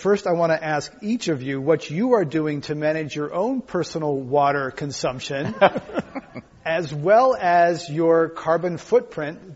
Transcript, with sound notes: First, I want to ask each of you what you are doing to manage your own personal water consumption [laughter] as well as your carbon footprint.